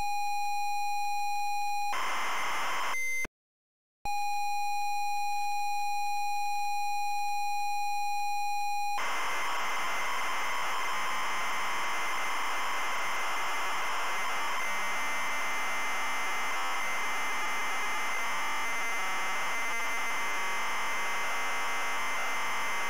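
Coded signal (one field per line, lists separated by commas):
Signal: ZX Spectrum tape loading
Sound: steady pilot tone, brief data burst, pause, pilot tone again, then long harsh screeching data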